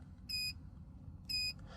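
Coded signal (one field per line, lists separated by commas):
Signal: beep code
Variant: Autowatch Ghost 2 immobiliser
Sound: two short steady high beeps about one second apart, over low rumble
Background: car interior rumble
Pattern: 2 short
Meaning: Two beeps confirm the current PIN was accepted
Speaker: We get our two beeps.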